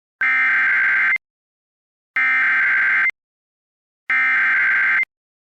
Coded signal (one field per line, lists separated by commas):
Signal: Emergency Alert System (SAME) tones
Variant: header bursts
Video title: EAS #77-79: 2 Marine Warnings & an EVI